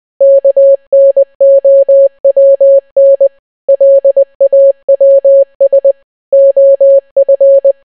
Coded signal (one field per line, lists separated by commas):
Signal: Morse code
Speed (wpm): 20 wpm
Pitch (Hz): 550 Hz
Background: none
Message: KNOWN LAWS OF